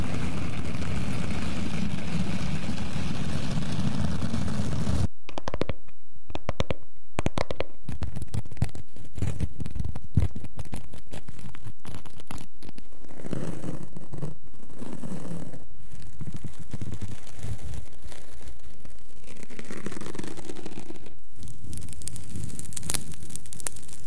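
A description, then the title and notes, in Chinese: Scratching sounds: for the first five seconds a steady, dense low rumble, then abrupt switching to rough, irregular scraping strokes with frequent short gaps. The scratching comes in uneven bursts, some bright and harsh, continuing to the end. 抓挠声。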